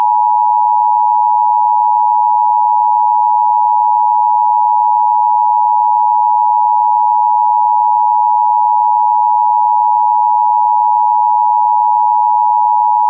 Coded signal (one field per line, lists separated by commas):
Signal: Emergency Alert System (SAME) tones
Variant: 853 and 960 Hz attention tone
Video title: The New EAS segment: Emergency Beau System (w/ test)